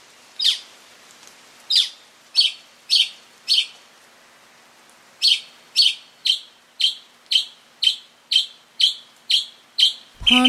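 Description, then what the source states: Mockingbird song: a few bright chip notes, a pause, then a fast steady series of about two a second, ending in a sudden loud thump. Male.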